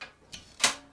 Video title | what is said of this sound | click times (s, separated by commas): Elevated Cabin Tour - Start To Finish Build - 256 Square Feet - 8 Feet Above Ground - Tiny Living | you lock it in place like this and this is so easy to light guys | 0.6 s